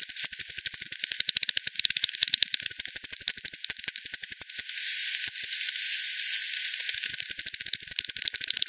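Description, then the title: Bat echolocation calls: a quick, steady clicking train that pauses into hiss midway, then resumes toward the end. Multiple bats at the Hogsmill River, Hogsmill Lane, 7 October 2020 at 18:10 UTC; recorded with frequency division by ten, band-pass filtered and resampled. "bat 20201007 T 18 : 10 Z-Hogsmill-Lane-Hogsmill-River-multiple-bats"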